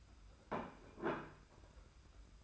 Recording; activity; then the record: daily activity, microphone in the room; place plate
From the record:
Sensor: 2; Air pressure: 991.7 hPa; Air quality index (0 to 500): 186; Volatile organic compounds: 1000 ppm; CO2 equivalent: 6068 ppm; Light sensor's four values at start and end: 26/82/32/30 and 26/82/32/30